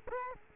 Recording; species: mosquito wingbeat signal from an infrared sensor; Culex quinquefasciatus